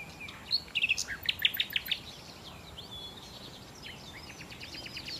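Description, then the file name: Common nightingale song: a short burst of quick repeated high notes, followed by fainter chattering phrases. "Nachtigall"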